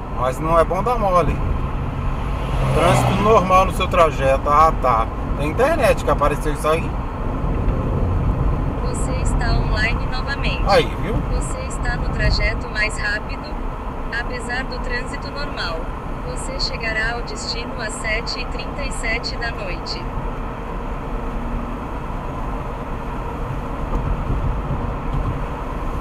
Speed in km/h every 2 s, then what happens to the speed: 59, 60, 61, 63, 63, 64, 61, 61, 64, 64, 66, 68, 68.
0-13 steady at about 61. 13-26 speeds up to 68.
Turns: none.